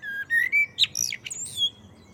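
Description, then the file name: Common blackbird: a smooth rising whistle, then quick high squeaks and a thin descending note to close. "Turdus merula"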